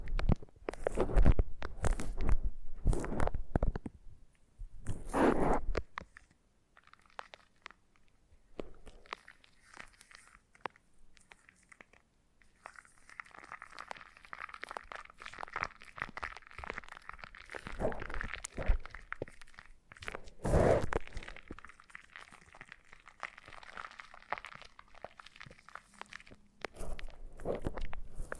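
Foam massage sounds: irregular squeaky rubbing and crunching strokes, loud bursts near the start and around 20 seconds, with softer steady scraping between.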